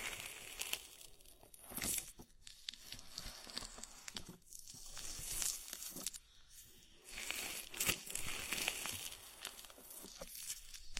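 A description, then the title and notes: Oily massage and bubble bath sounds: dense, bright crinkling and crackling, like slick rubbing and popping foam. The rustling comes in waves with brief quiet gaps around two, four and a half, and six and a half seconds, swelling loudest near eight seconds. Body oil massage and bubble bath.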